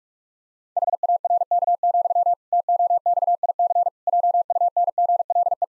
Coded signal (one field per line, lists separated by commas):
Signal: Morse code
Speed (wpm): 41 wpm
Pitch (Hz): 700 Hz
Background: none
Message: HARK, TOXIC JUNGLE